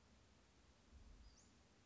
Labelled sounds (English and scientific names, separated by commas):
Western Flycatcher (Empidonax difficilis)